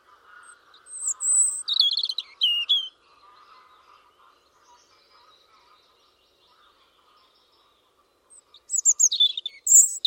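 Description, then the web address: European robin delivering a bright phrase of high whistles and trills, a pause with faint background chatter, then another bright, varied phrase. "Deverinetal 2025 File origin Bird Only Er Ru"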